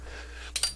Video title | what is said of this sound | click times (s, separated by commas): Barry's 8 Track Repair # 954 - Test of Completed Chrysler 8 Track Section | then it locks in place | 0.6 s